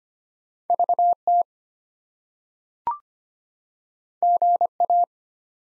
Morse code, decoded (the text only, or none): VT GA